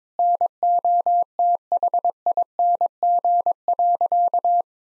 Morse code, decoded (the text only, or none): NOTHING.